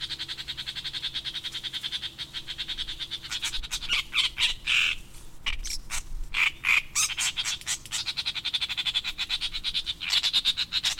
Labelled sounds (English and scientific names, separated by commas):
Great Reed Warbler (Acrocephalus arundinaceus)